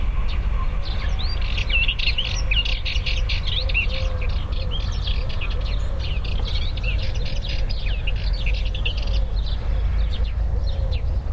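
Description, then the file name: Eurasian blackcap singing a continuous, high, busy warble of quick varied notes, over a strong steady low rumble of background noise. "kucsmas poszata hangja"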